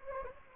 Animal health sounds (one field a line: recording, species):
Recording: mosquito wingbeat signal from an infrared sensor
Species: Anopheles gambiae